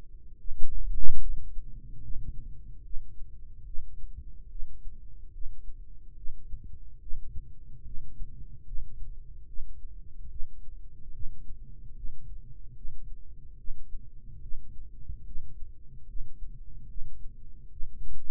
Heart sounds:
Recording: heart sounds by microphone in the right ear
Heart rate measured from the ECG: 73 bpm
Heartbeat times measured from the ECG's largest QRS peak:
0.38 s: heartbeat
1.21 s: heartbeat
2.02 s: heartbeat
2.84 s: heartbeat
3.66 s: heartbeat
4.50 s: heartbeat
5.32 s: heartbeat
6.16 s: heartbeat
7.00 s: heartbeat
7.85 s: heartbeat
8.65 s: heartbeat
9.47 s: heartbeat
10.30 s: heartbeat
11.13 s: heartbeat
11.95 s: heartbeat
12.75 s: heartbeat
13.58 s: heartbeat
14.41 s: heartbeat
15.25 s: heartbeat
16.07 s: heartbeat
16.88 s: heartbeat
17.71 s: heartbeat
From the record:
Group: healthy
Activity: cold pressor test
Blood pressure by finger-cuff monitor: 106/55 mmHg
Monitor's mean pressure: 70 mmHg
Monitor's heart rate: 73 bpm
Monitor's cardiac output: 4.3 L/min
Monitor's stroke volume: 59 mL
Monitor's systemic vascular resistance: 1150 dyn s/cm5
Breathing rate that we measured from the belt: 18 breaths a minute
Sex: male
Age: 55 years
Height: 167 cm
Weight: 57.2 kg

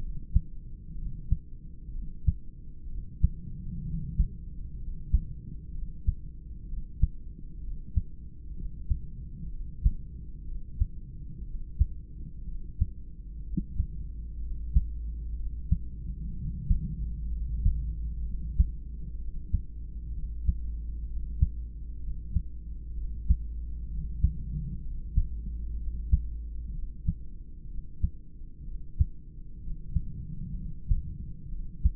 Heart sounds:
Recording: heart sounds by stethoscope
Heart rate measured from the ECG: 63 bpm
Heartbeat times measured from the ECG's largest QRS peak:
0.95 s: heartbeat
1.91 s: heartbeat
2.87 s: heartbeat
3.83 s: heartbeat
4.77 s: heartbeat
5.71 s: heartbeat
6.66 s: heartbeat
7.60 s: heartbeat
8.54 s: heartbeat
9.49 s: heartbeat
10.45 s: heartbeat
11.44 s: heartbeat
12.45 s: heartbeat
13.43 s: heartbeat
14.40 s: heartbeat
15.35 s: heartbeat
16.34 s: heartbeat
17.29 s: heartbeat
18.23 s: heartbeat
19.17 s: heartbeat
20.12 s: heartbeat
21.06 s: heartbeat
22.00 s: heartbeat
22.94 s: heartbeat
23.88 s: heartbeat
24.81 s: heartbeat
25.77 s: heartbeat
26.72 s: heartbeat
27.67 s: heartbeat
28.64 s: heartbeat
29.60 s: heartbeat
30.55 s: heartbeat
31.49 s: heartbeat
From the record:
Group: heart failure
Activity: rest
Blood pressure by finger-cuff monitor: 109/74 mmHg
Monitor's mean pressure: 86 mmHg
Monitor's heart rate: 63 bpm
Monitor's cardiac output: 3.6 L/min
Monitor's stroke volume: 58 mL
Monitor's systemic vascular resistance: 1730 dyn s/cm5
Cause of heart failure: idiopathic cardiomyopathy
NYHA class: 2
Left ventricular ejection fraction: 17%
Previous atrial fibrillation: present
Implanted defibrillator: present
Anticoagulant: edoxaban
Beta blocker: bisoprolol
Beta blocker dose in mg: 7.5 twice daily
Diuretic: furosemide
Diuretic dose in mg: 20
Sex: male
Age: 63 years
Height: 160 cm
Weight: 69 kg

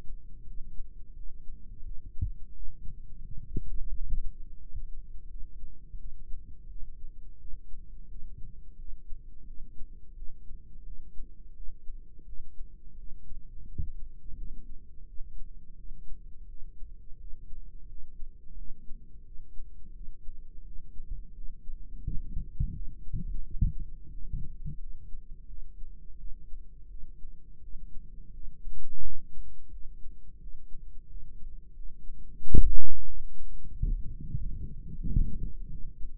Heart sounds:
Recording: heart sounds by microphone in the right ear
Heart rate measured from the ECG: 87 bpm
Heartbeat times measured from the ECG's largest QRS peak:
0.44 s: heartbeat
1.14 s: heartbeat
1.83 s: heartbeat
2.53 s: heartbeat
3.22 s: heartbeat
3.91 s: heartbeat
4.59 s: heartbeat
5.28 s: heartbeat
5.97 s: heartbeat
6.68 s: heartbeat
7.38 s: heartbeat
8.08 s: heartbeat
8.76 s: heartbeat
9.45 s: heartbeat
10.14 s: heartbeat
10.84 s: heartbeat
11.53 s: heartbeat
12.25 s: heartbeat
12.96 s: heartbeat
13.66 s: heartbeat
14.35 s: heartbeat
15.05 s: heartbeat
15.76 s: heartbeat
16.47 s: heartbeat
17.17 s: heartbeat
17.87 s: heartbeat
18.55 s: heartbeat
19.24 s: heartbeat
19.93 s: heartbeat
20.63 s: heartbeat
21.33 s: heartbeat
22.02 s: heartbeat
22.72 s: heartbeat
23.41 s: heartbeat
24.10 s: heartbeat
24.78 s: heartbeat
25.47 s: heartbeat
26.17 s: heartbeat
26.88 s: heartbeat
27.60 s: heartbeat
28.31 s: heartbeat
29.01 s: heartbeat
29.70 s: heartbeat
30.39 s: heartbeat
31.07 s: heartbeat
31.73 s: heartbeat
32.39 s: heartbeat
33.05 s: heartbeat
33.70 s: heartbeat
34.36 s: heartbeat
35.03 s: heartbeat
35.68 s: heartbeat
From the record:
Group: healthy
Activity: rest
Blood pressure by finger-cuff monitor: 151/105 mmHg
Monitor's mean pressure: 121 mmHg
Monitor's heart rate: 86 bpm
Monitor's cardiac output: 5 L/min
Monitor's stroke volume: 58 mL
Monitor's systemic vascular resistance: 1810 dyn s/cm5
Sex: female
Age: 51 years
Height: 162 cm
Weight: 70.04 kg

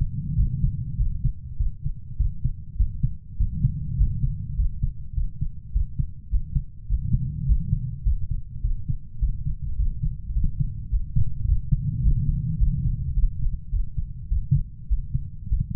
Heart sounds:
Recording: heart sounds by stethoscope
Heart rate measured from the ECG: 103 bpm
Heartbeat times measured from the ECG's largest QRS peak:
0.39 s: heartbeat
1.00 s: heartbeat
1.60 s: heartbeat
2.20 s: heartbeat
2.80 s: heartbeat
3.40 s: heartbeat
3.99 s: heartbeat
4.59 s: heartbeat
5.17 s: heartbeat
5.75 s: heartbeat
6.33 s: heartbeat
6.90 s: heartbeat
7.48 s: heartbeat
8.06 s: heartbeat
8.64 s: heartbeat
9.22 s: heartbeat
9.79 s: heartbeat
10.36 s: heartbeat
10.92 s: heartbeat
11.48 s: heartbeat
12.04 s: heartbeat
12.60 s: heartbeat
13.17 s: heartbeat
13.73 s: heartbeat
14.31 s: heartbeat
14.91 s: heartbeat
15.51 s: heartbeat
From the record:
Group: healthy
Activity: rest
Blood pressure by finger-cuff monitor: 158/71 mmHg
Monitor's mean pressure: 95 mmHg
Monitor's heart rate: 101 bpm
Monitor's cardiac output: 9.7 L/min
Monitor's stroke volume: 94 mL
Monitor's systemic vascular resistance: 740 dyn s/cm5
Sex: male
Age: 21 years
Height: 175 cm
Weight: 72.6 kg

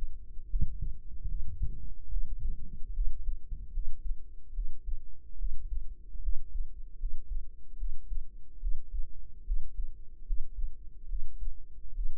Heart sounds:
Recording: heart sounds by microphone in the right ear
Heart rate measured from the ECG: 73 bpm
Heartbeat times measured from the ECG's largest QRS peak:
0.47 s: heartbeat
1.25 s: heartbeat
2.08 s: heartbeat
2.92 s: heartbeat
3.71 s: heartbeat
4.52 s: heartbeat
5.36 s: heartbeat
6.20 s: heartbeat
6.96 s: heartbeat
7.76 s: heartbeat
8.58 s: heartbeat
9.43 s: heartbeat
10.24 s: heartbeat
11.06 s: heartbeat
11.92 s: heartbeat
From the record:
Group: healthy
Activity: rest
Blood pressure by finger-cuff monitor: 116/78 mmHg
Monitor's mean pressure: 91 mmHg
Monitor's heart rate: 74 bpm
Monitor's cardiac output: 6.1 L/min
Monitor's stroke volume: 84 mL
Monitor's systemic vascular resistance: 1100 dyn s/cm5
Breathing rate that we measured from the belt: 19 breaths a minute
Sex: female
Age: 22 years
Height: 160 cm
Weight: 45 kg

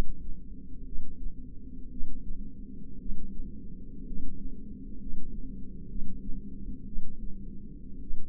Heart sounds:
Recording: heart sounds by microphone in the left ear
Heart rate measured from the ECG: 59 bpm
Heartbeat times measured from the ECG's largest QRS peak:
0.83 s: heartbeat
1.88 s: heartbeat
2.97 s: heartbeat
4.03 s: heartbeat
4.96 s: heartbeat
5.86 s: heartbeat
6.84 s: heartbeat
7.99 s: heartbeat
From the record:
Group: healthy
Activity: rest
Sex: male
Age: 25 years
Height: 170 cm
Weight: 70.4 kg

